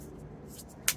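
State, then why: Seated. A square Decora-style plastic insert plate is pushed into the base of an outdoor weatherproof receptacle cover over a low, steady background hum. One sharp, bright click sounds at 0.9 s as the plate snaps into place and holds.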